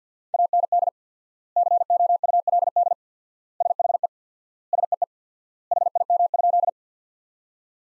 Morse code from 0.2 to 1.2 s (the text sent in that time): AND